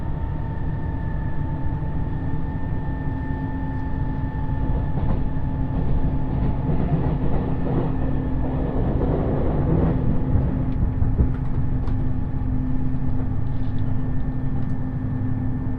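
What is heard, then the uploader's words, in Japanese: Inside a limited express train running on the line toward Uwajima, a steady deep rumble fills the cabin with constant low drone and faint rattling. Two fixed tones hum above the roar throughout, and brief clacks and creaks surface around the middle. 予讃線特急宇和海5号 伊予大洲→宇和島。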